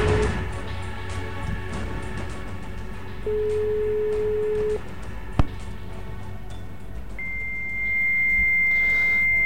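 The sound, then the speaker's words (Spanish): Over a hissy phone line, after a telephone number is dialed, a low steady tone sounds in stretches, a sharp click cuts in, then a high, unbroken whistle-like fax machine answering tone holds steady to the end. “Bien, el primer teléfono no funciona. ¿Por qué? Porque me has dado el fax.”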